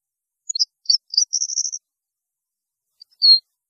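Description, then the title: European goldfinch song: a rapid run of high tinkling twitters building into a buzzy trill, then silence and a final downslurred nasal note. "Chant Chardonneret"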